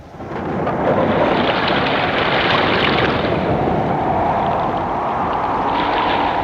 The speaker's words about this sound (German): Am 3. November erhob sich ein furchtbarer Sturm.